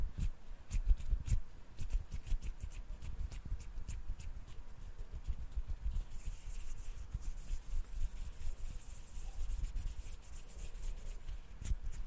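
Intense hand sounds: hands rubbing and brushing in quick, dense strokes, with sharp rustling clicks popping out at an irregular but frequent pace. The friction stays busy throughout, growing a brighter, hissier edge after about six seconds.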